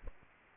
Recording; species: mosquito wingbeat signal from an infrared sensor; Culex quinquefasciatus